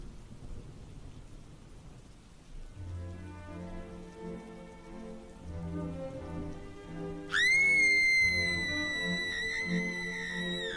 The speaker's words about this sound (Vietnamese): Gió vẫn cứ thổi không ngừng, mưa bắt đầu rơi nặng hạt. Đêm đen u tịch bất thình lình, bị cơn mưa bao phủ.